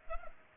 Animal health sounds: mosquito wingbeat signal from an infrared sensor; Culex pipiens

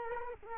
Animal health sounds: mosquito wingbeat signal from an infrared sensor; Culex quinquefasciatus

